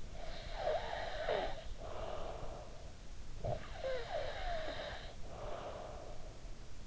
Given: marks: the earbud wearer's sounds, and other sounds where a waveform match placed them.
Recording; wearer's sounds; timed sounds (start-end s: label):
sounds in sleep by an in-ear microphone; breath
0.04-6.87 s: breath